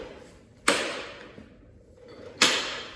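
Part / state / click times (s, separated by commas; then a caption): roof brace into podium frame bracket / seated / 0.7 s, 2.4 s. The metal roof brace of an aluminium stepfold podium is fitted above the bottom bracket of the frame and pushed down. Two sharp metallic knocks ring out at 0.7 s and 2.4 s, each fading over a bright tail. The brace locks into place on the frame.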